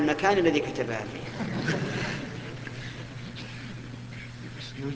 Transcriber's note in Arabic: ضحك الحضور